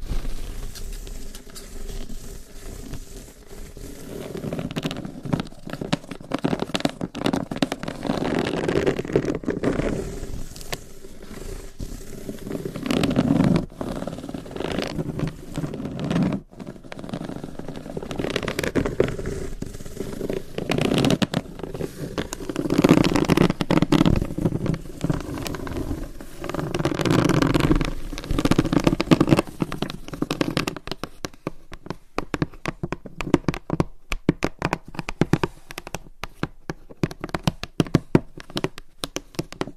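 Long nails tap and scratch on hollow boxes in a dense, continuous stream of small clicks and scrapes. The scratching swells in rough bursts with a hollow, low-mid body, and after about 31 seconds it turns into sharper, sparser tapping.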